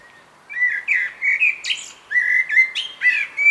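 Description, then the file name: Common blackbird delivering a steady string of mellow, flute-like warbled notes, each short and slightly slurred, with a few high thin squeaks between them. "Turdus merula"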